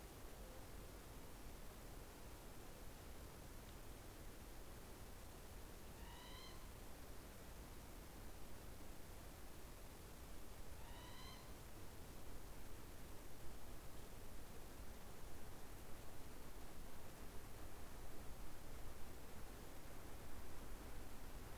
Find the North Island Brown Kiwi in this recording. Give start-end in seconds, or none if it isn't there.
none